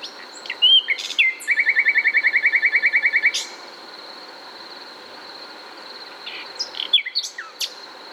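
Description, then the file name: Common nightingale opening with a few whistles, then a long, rapid, even series of repeated notes lasting about two seconds; after a pause, a brief jumble of chirps; constant high hum. "Luscinia megarhynchos"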